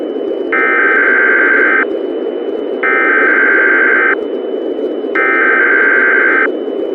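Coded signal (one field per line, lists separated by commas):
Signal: Emergency Alert System (SAME) tones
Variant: header bursts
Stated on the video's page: Fictional horror scenario alert using valid EAS tones.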